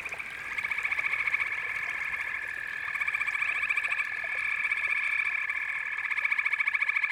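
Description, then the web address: Frog chorus with many overlapping quick trills forming a shimmering high drone throughout. A chorus of frogs calling together. "The Natural Sounds of the Wilderness. Echoes of Nature - Frog Chorus"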